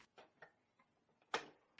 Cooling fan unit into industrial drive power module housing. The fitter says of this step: unit back in: align the fan with the track on the sides and push it inwards until you hear a click.